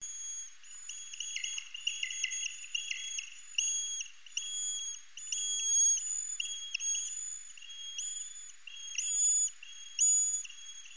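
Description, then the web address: Eastern horseshoe bat calls: long steady whistled tones, each ending in a short downward sweep. They crowd together and overlap early on, then come more singly. "Rhinolophus megaphyllus"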